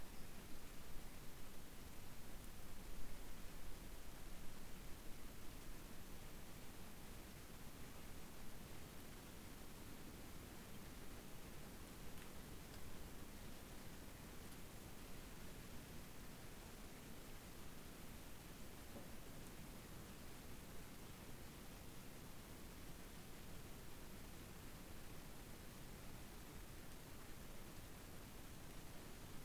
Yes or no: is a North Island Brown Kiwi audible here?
no